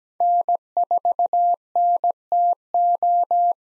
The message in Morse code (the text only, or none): N4NTO